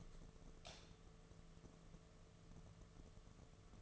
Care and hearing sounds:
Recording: daily activity, microphone in the room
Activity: light on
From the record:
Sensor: 4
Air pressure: 1015.6 hPa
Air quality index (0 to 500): 181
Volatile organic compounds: 8 ppm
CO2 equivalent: 2091 ppm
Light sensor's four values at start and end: 17/40/17/17 and 21/52/22/23

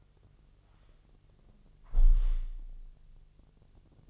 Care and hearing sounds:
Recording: daily activity, microphone in the room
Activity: close window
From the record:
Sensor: 4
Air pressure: 1001.2 hPa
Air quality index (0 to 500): 168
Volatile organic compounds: 2 ppm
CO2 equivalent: 1200 ppm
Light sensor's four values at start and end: 13/29/12/12 and 12/29/12/12

